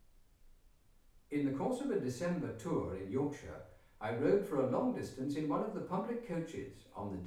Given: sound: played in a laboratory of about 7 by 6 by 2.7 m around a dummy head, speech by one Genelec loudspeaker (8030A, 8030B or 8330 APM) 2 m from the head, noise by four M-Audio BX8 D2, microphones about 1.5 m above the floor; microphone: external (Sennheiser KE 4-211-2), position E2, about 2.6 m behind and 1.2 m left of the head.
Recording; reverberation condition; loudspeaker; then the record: male speech in English; medium; 30 degrees to the left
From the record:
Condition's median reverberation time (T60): about 510 ms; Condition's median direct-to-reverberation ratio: about -0.5 dB